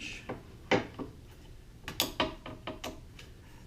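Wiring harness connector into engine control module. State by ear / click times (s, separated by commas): seated / 2.0 s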